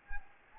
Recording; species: mosquito wingbeat signal from an infrared sensor; Anopheles gambiae